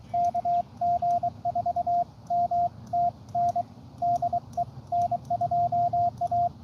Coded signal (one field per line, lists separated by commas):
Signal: Morse code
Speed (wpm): 23 wpm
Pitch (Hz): 700 Hz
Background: radio noise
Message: KG4MTN DE N2A